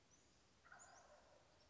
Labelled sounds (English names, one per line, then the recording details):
Wild Turkey
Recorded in Sonoma County, California